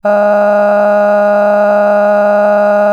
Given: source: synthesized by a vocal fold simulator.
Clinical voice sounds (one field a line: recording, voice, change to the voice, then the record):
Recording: sustained vowel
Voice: female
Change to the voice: cycle-to-cycle stiffness perturbation (roughness), level 5 of 10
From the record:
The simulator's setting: 3.18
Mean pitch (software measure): 206 Hz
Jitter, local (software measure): 1.19%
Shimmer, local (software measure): 12.7%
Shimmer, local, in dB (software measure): 1.11 dB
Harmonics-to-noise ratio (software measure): 16.9 dB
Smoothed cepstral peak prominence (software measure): 16.4 dB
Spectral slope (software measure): -21.9 dB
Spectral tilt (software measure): -11.1 dB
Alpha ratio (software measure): -12.3 dB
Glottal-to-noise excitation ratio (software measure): 0.961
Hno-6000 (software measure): 2.4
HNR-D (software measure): 33.5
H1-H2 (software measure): 2.4 dB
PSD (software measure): 5.4e-05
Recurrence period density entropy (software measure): 0.119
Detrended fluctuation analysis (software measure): 0.0280